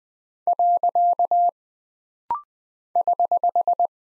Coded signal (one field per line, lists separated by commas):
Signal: Morse code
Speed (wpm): 20 wpm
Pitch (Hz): 700 Hz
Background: none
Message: . <HH>